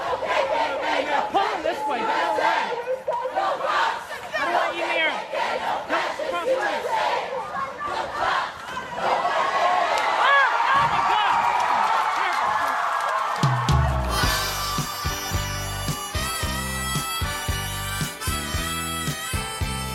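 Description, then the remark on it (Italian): A large crowd of protesters at the demonstration and counter-demonstration in Charlottesville, Virginia, United States, chants together in loud, rhythmic bursts of shouting voices, then a steady musical tone with a low pulsing beat cuts in over the last third. “Allora, partiamo proprio dagli Stati Uniti, partiamo da Charlottesville, da quella manifestazione, poi contromanifestazione,”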